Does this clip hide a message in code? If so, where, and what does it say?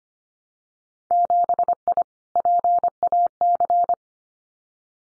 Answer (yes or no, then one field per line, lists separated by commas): yes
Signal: Morse code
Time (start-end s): 1.1-3.9 s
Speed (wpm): 25 wpm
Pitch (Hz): 700 Hz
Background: none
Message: 7I PAC